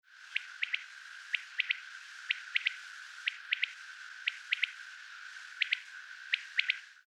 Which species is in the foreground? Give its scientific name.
Coturnix coturnix